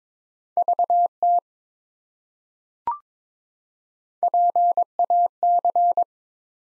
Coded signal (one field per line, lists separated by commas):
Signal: Morse code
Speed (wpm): 22 wpm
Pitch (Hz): 700 Hz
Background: none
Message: VT PAC